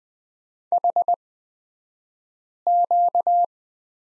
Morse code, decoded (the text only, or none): HQ